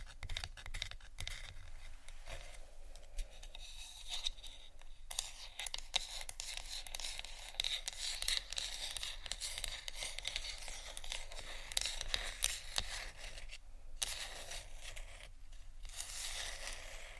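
Marble and wood being tapped and scratched, with a dense, continuous stream of small crinkling and scraping sounds. Sharp ticks and taps break through irregularly throughout, with brief quieter pauses around four, fourteen and sixteen seconds. The sound is bright and thin, with little low end.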